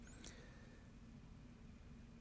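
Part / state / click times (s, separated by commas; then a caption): dryer door latch into dryer door frame / not seated / none. A new plastic door latch with metal clips is lined up bottom-first in the door opening of a Whirlpool dryer, replacing the defective old latch. Only faint handling rustle is heard over a low steady hum, with a brief higher scrape near 0.1–0.3 s. The latch has not snapped into place yet, and no click is heard.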